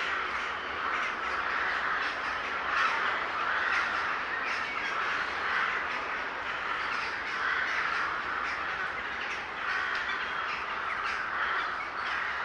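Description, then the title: Large flock of birds, continuous overlapping raspy calls swelling and fading slightly, with scattered sharper notes. Gathering of birds in S. Staszic Park, Łódź, Poland. "Ptaki W Parku Im. S. Staszica W Łodzi"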